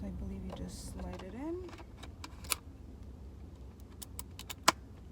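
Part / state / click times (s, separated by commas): instant film pack into instant camera film compartment / seated / 4.7 s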